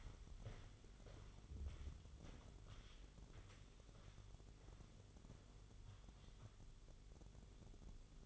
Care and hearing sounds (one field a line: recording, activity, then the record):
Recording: daily activity, microphone in the room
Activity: walk to room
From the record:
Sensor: 4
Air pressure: 1009.0 hPa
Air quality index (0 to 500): 141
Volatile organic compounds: 2 ppm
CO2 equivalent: 1023 ppm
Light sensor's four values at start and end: 12/26/11/10 and 14/32/13/12